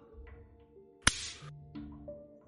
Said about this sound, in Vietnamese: Bất thình lình một cái tát từ Nam hướng thẳng vào mặt Vi, khiến cho cô ả đau đớn, lấy tay ôm một bên má.